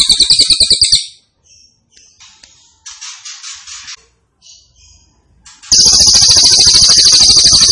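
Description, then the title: Grey-cheeked tit-babbler singing a shrill, rapidly pulsed high trill, pausing for scattered softer chirps and short notes before the loud buzzing trill returns. Cililin described as gacor, singing persistently, with a strong voice (suara mantap). "Cililin AMPUH. Cililin Gacor Suara Mantap"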